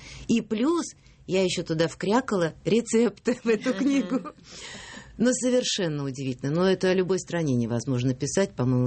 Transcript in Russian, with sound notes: И плюс я еще туда вкрякала рецепты, в эту книгу. (смеется) Но совершенно удивительно, ну, это о любой стране невозможно писать, по-моему…